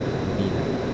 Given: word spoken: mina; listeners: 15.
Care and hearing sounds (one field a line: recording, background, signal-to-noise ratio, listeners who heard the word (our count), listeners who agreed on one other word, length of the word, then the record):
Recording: one Spanish word in noise, from a listening test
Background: speech-shaped noise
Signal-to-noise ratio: -4.2 dB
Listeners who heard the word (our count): 0 of 15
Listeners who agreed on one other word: 6 of 15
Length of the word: 0.54 s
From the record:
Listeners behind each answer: 6, 3, 1, 1, 1, 1, 1, 1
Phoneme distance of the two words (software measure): 20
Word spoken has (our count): 2 syllables, 4 phonemes, stress on syllable 1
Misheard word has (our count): 2 syllables, 4 phonemes, stress on syllable 1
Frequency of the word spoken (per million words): 13.21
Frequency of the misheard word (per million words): 809.46